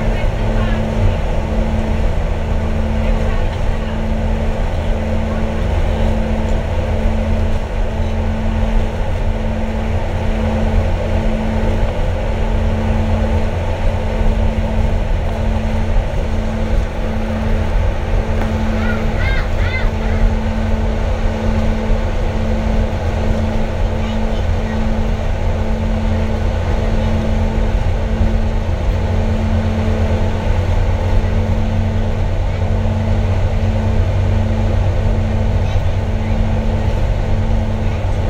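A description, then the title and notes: A bus interior roars with a steady, loud low engine drone and hum throughout, with faint voices and a brief squeak near twenty seconds. I ride the bus.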